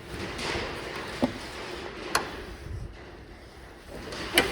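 The steel bonnet safety catch on the front panel of a 1989 Rover 827Si classic car is worked one-handed after a failed first attempt, with soft handling noise and a sharp knock at about 2.2 s. The catch lets go with a sharp clunk at 4.4 s, and the bonnet is released.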